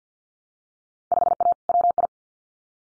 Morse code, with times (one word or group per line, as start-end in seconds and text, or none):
1.1-1.5 5A
1.7-2.1 WI